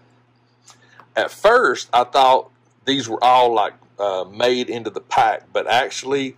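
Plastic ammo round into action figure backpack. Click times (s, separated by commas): 0.7 s, 1.0 s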